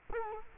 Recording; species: mosquito wingbeat signal from an infrared sensor; Culex quinquefasciatus